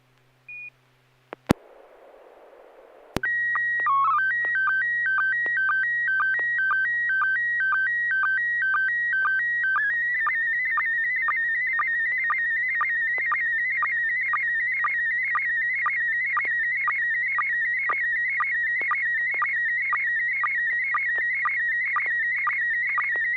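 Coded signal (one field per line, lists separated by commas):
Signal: SSTV (slow-scan television)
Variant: PD120 mode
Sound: brief hiss, then warbling calibration tones, then steady warbling tones with regular rapid ticks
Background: radio static, low hum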